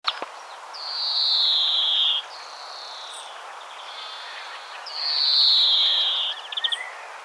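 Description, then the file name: European greenfinch giving two long, nasal, buzzy wheezes that slide slightly downward, each lasting over a second, separated by softer buzzing, with a faint short trill after the second. "Chloris chloris"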